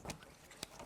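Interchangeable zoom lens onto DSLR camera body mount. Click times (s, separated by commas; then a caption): 0.6 s. A telephoto zoom lens is lined up red dot to dot with the mount of a Canon Rebel T5 DSLR body and twisted until the bayonet lock clicks home at 0.6 s, a sharp, bright click above quiet background noise. Earlier faint ticks come from handling, and someone talks around the fitting. The lens is seated and locked on the camera.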